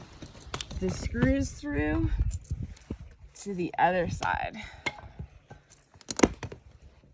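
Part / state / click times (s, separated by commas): modular stove jack frame with screws through the canvas tent wall / seated / 6.1 s, 6.2 s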